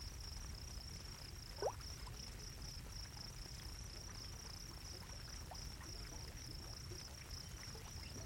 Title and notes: Gently bubbling hot pool with thunder. A bubbling geothermal pool in the middle of a sagebrush desert surrounded by crickets. the crickets are a classic evening sound. Recorded by Tim Kahn. Part of the Music for Sleep project